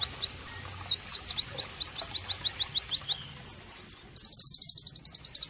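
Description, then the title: White-eye singing a fast series of high, sharp slurred notes, ending in a quicker trill. Vigorously singing ('gacor') white-eye offered as bird-training (masteran) and therapy audio. "Pleci Gacor. terapi pleci dextro 87 plus masteran kenari sahdu"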